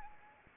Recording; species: mosquito wingbeat signal from an infrared sensor; Anopheles arabiensis